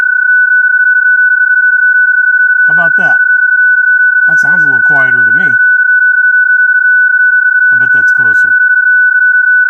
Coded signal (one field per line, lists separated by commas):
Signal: PSK31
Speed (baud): 31.25 baud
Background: speech